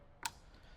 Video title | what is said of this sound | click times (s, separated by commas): Rockford Fosgate PMX-HD9813 Head Unit Install - 1999 - 2013 Harley-Davidson Touring | making sure we hear that click so now that everything's plugged in | 0.3 s